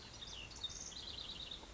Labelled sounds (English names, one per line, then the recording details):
House Wren
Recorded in Sonoma County, California